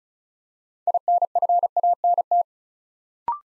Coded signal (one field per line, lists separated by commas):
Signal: Morse code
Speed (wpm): 36 wpm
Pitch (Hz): 700 Hz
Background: none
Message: INFANT